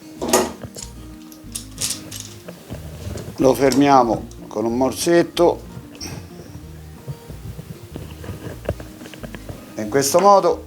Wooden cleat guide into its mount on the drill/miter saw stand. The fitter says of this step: it snaps into place